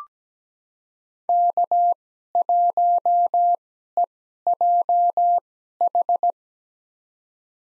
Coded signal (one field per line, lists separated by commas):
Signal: Morse code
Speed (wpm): 17 wpm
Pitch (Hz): 700 Hz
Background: none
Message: K1EJH